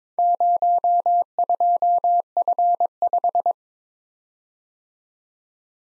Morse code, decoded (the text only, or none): 02F5